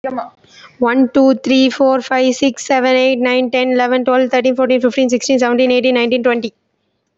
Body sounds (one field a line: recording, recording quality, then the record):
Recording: counting at a fast pace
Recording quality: excellent, no background noise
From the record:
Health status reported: healthy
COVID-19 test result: negative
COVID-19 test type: RT-PCR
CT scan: not taken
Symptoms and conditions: cold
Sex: female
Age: 21 years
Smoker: no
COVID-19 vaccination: none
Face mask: worn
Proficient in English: yes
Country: India